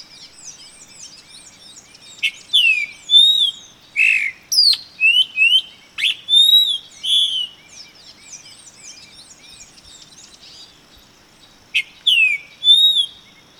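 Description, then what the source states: Epaulet oriole song: a busy run of clear whistled slurs, sharp chirps and short rising and falling notes in bursts, then a quieter pause before the phrases return near the end. Recorded 2011-08-31.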